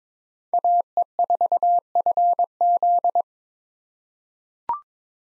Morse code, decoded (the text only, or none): AE4FZ